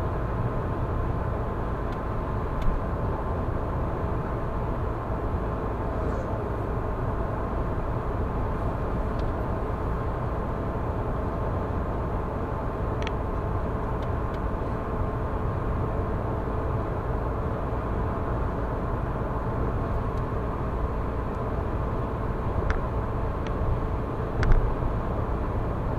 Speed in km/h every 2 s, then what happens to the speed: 99, 99, 100, 100, 100, 100, 100, 100, 101, 102, 102, 102, 102.
0-26 steady at about 100.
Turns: none.